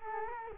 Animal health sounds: mosquito wingbeat signal from an infrared sensor; Culex quinquefasciatus

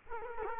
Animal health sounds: mosquito wingbeat signal from an infrared sensor; Culex quinquefasciatus

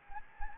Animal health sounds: mosquito wingbeat signal from an infrared sensor; Anopheles gambiae

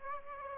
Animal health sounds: mosquito wingbeat signal from an infrared sensor; Aedes aegypti

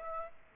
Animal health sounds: mosquito wingbeat signal from an infrared sensor; Aedes aegypti

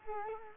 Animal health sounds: mosquito wingbeat signal from an infrared sensor; Culex quinquefasciatus

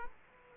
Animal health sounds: mosquito wingbeat signal from an infrared sensor; Culex quinquefasciatus

